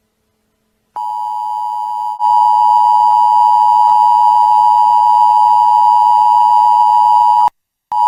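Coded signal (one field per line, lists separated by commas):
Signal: Emergency Alert System (SAME) tones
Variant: 853 and 960 Hz attention tone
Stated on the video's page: Fictional EAS scenario.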